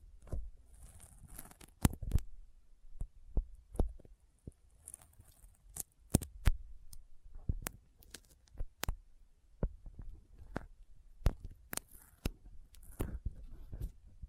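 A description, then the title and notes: Sticky finger sounds: sharp, irregular clicks and small tacky pops that come every half second or so across the whole fourteen seconds. Between them run soft crackles, faint peeling rustles and a light hiss up high, with a few louder snaps near 2, 6 and 11 seconds. ASMR Intense Sticky Finger Sounds (No Talking).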